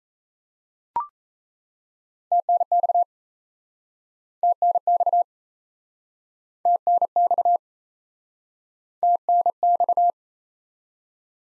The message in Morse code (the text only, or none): TNX TNX TNX TNX